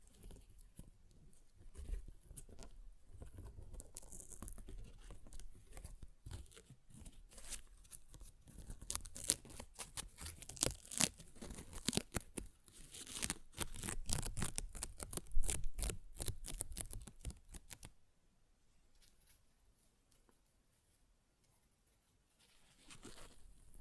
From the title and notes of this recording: ASMR Paper Ripping Tearing Sounds (No Talking).